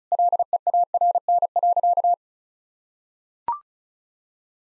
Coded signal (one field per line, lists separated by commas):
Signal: Morse code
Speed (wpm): 34 wpm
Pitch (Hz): 700 Hz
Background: none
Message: LEARN.